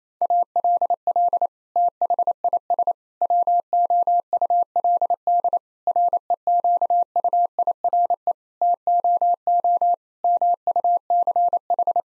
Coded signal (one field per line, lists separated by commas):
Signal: Morse code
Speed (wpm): 28 wpm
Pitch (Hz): 700 Hz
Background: none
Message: ALL THIS WOULD REQUIRE TOO MUCH